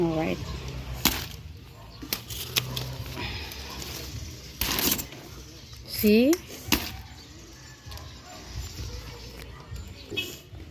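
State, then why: Not seated. A repairman slides an umbrella's runner up its metal shaft to open it, producing scraping slides and a rising squeaky tone with several sharp knocks, while someone talks. The spring catch on the shaft does not engage, so the runner fails to lock and nothing has clicked or seated. The cause is unclear, either a lost thread or a rusty catch.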